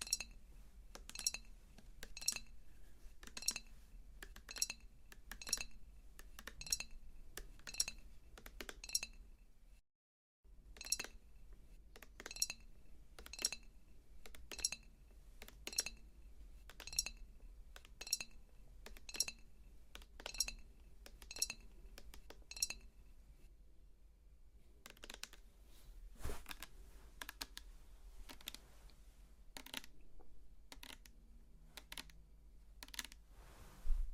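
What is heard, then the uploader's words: Quick, bright tapping on a hard glassy surface, fingertips clicking in a steady, fairly fast rhythm with small clinks. A short silence falls near ten seconds, and a softer, sparser stretch around twenty-four seconds before the tapping resumes. A faint low hum sits underneath throughout. ASMR Your Face is Plastic, Mine is Glass - Face Touching & Tapping Triggers.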